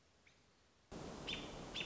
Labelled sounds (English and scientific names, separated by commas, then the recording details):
American Robin (Turdus migratorius)
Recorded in Sonoma County, California